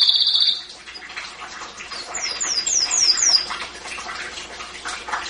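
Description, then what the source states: Canary giving a quick trilled roll, then a series of several high, falling whistled notes over a busy twittering background. Champion singing canary.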